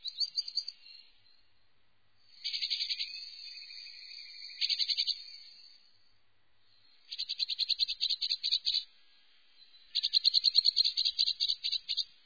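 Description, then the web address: Eurasian blue tit giving high thin trills and rapid scolding churrs in bursts, separated by short silences, all pitched very high. "chants et cris mesangebleue"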